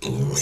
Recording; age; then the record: pig call; weaner (32 to 43 days)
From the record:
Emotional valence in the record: negative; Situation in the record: short isolation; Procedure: open field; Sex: female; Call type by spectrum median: low-frequency call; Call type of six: mixed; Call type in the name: high-frequency modulated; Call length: 0.42 s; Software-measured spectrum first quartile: 195 Hz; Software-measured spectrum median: 1585 Hz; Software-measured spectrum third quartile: 6192 Hz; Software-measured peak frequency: 141 Hz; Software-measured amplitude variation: 126 dB a second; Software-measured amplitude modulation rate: 24.9 a second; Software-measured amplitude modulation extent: 5.0 dB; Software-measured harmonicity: 3.7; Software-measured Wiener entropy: -4.22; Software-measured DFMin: 778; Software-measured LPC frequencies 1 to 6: 2110, 2694, 3738, 5524, 6244, 6895 Hz